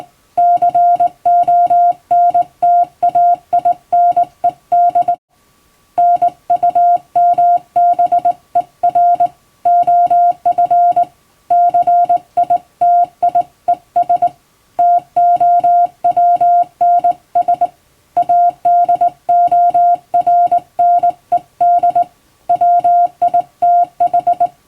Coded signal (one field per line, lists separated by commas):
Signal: Morse code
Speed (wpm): 20 wpm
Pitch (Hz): 700 Hz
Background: music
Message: CONTAINED NUMBER OF CITIES TOWNS ADORNED WITH